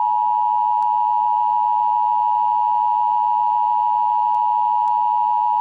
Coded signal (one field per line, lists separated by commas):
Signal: Emergency Alert System (SAME) tones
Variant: 853 and 960 Hz attention tone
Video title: EAS scenario #1: It lurks